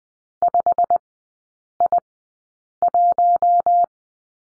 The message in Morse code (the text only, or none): 5I1